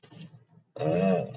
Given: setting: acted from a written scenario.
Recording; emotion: vocal sound without words; disgust